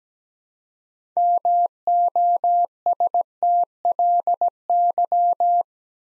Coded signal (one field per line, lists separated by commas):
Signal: Morse code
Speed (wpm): 17 wpm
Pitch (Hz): 700 Hz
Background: none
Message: MOSTLY